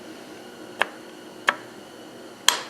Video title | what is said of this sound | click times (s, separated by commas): Episode 39. Timing cover back on the cummins. KDP repair complete. | So I'm going to push it in, and then if I push a little bit more, you'll hear that click. That it does verify that you are in top dead center. | 2.5 s